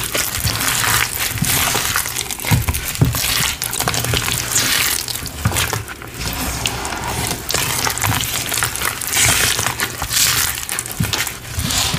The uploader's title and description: Sifting, Mixing, Reforming Green Cornstarch & Gym Chalk Powders. Sifting asmr, powder play, pouring water, mixing paste, reforming cornstarch and dyed gym chalk powder